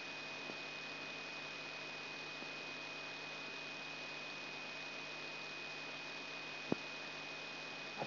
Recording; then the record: brain microelectrode recording played as sound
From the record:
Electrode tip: outside the subthalamic nucleus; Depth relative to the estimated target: -8 mm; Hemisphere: right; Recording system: AlphaMap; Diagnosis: Parkinson's disease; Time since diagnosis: 6 years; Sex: female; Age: 40 years